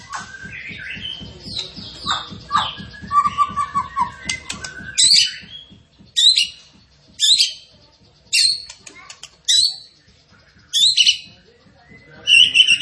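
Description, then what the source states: Tembakan bird chattering with mixed whistles and trills, then loud harsh bursts repeated at roughly one-second intervals, a faint low ticking beneath. Masteran training recording, with the bird singing actively (gacor).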